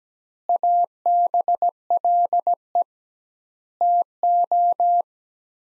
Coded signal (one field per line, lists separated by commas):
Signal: Morse code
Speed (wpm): 17 wpm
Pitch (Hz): 700 Hz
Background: none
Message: ABLE TO